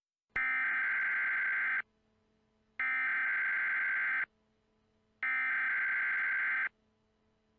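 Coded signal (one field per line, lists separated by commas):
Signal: Emergency Alert System (SAME) tones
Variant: header bursts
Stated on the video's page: Simulated EAS scenario, fictional alert.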